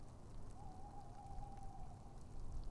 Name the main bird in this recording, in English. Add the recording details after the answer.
Tawny Owl. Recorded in Germany. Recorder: ecoPi